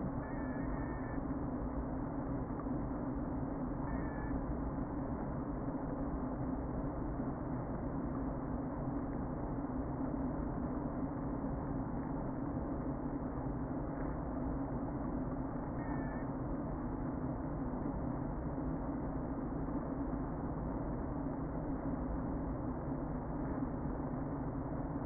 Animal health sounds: honeybee colony, microphone inside the hive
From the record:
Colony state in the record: queen present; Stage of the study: before two queens were removed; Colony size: about 60,000 bees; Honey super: yes

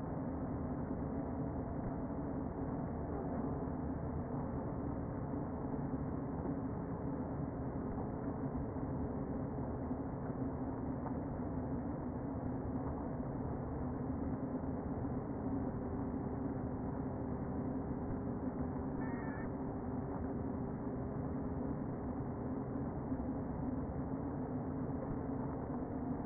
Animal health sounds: honeybee colony, microphone inside the hive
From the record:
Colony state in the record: queen present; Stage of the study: before two queens were removed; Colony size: about 60,000 bees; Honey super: yes

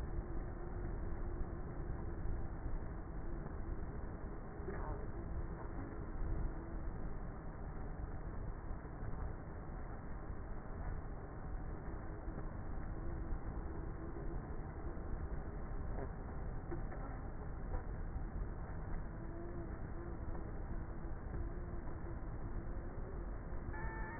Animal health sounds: honeybee colony, microphone inside the hive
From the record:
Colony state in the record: queenless with a low population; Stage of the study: before two queens were removed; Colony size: about 30,000 bees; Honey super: no

